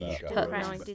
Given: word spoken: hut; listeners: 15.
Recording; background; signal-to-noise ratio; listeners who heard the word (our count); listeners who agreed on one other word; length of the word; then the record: one English word in noise, from a listening test; four-talker babble; 0.2 dB; 2 of 15; 9 of 15; 0.55 s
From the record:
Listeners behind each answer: 9, 2, 1, 1, 1, 1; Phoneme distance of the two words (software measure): 10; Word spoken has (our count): 1 syllable, 3 phonemes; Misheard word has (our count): 1 syllable, 3 phonemes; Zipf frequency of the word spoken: 3.82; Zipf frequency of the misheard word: 5.99